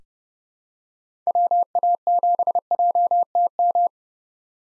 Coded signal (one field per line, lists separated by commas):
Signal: Morse code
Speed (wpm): 32 wpm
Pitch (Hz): 700 Hz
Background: none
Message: WA7JTM